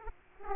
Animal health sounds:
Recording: mosquito wingbeat signal from an infrared sensor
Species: Aedes aegypti

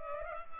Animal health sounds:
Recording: mosquito wingbeat signal from an infrared sensor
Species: Culex pipiens

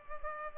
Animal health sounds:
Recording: mosquito wingbeat signal from an infrared sensor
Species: Culex pipiens

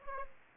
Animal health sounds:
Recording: mosquito wingbeat signal from an infrared sensor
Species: Aedes aegypti

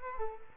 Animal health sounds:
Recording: mosquito wingbeat signal from an infrared sensor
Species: Culex quinquefasciatus

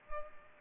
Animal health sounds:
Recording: mosquito wingbeat signal from an infrared sensor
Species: Culex pipiens

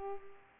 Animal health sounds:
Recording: mosquito wingbeat signal from an infrared sensor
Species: Culex pipiens

